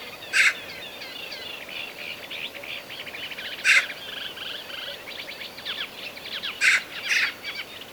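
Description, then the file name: Eurasian magpie calls: four loud, grating chacks, the first three a few seconds apart and the last two close together, while other birds keep up a steady high twittering. "Pica pica"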